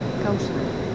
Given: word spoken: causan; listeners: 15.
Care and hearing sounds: one Spanish word in noise, from a listening test; speech-shaped noise; -4.3 dB; 0 of 15; 15 of 15; 0.55 s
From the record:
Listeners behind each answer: 15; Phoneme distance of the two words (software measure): 7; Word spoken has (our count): 2 syllables, 6 phonemes, stress on syllable 1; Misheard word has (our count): 2 syllables, 5 phonemes, stress on syllable 1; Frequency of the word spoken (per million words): 6.22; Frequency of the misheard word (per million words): 152.61

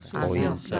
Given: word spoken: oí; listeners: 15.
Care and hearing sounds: one Spanish word in noise, from a listening test; four-talker babble; -0.5 dB; 0 of 15; 7 of 15; 0.40 s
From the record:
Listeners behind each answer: 7, 3, 1, 1, 1, 1, 1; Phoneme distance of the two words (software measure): 7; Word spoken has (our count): 2 syllables, 2 phonemes, stress on syllable 2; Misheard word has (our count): 2 syllables, 3 phonemes, stress on syllable 2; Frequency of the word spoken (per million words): 12.11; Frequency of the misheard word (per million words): 39.16

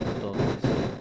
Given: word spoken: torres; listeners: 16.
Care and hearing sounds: one Spanish word in noise, from a listening test; noise modulated by one talker; -11.8 dB; 0 of 16; 6 of 16; 0.61 s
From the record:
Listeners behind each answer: 6, 2, 2, 1, 1, 1, 1, 1, 1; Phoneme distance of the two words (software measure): 20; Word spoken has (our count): 2 syllables, 5 phonemes, stress on syllable 1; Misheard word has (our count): 2 syllables, 5 phonemes, stress on syllable 1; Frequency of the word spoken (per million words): 44.97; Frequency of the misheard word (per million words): 495.00

